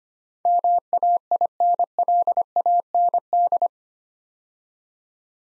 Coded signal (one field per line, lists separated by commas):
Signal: Morse code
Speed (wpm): 25 wpm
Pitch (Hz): 700 Hz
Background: none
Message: MAINLAND